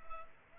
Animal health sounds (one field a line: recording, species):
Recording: mosquito wingbeat signal from an infrared sensor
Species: Culex pipiens